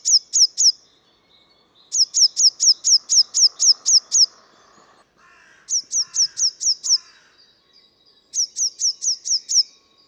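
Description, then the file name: Eurasian blue tit calling in quick bursts of sharp, high, descending notes, about four per second, separated by short pauses, with a faint softer chatter beneath. "Cyanistes caeruleus"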